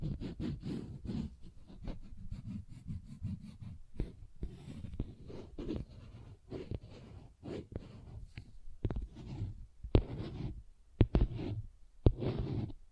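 Tapping and scratching on textured surfaces, with dense, irregular bursts of rough, low-heavy scraping running through most of the clip. Sharper, brighter taps stand out near 4, 10, 11 and 12 seconds, and brief pauses break up the scratching between strokes.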